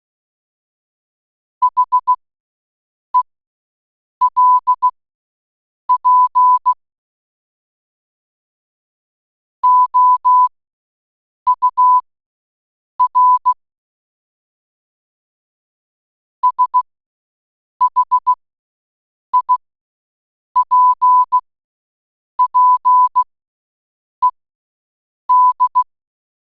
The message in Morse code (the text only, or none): HELP OUR SHIPPED